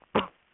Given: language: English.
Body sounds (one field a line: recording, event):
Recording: throat vibration sensor signal played as sound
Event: cough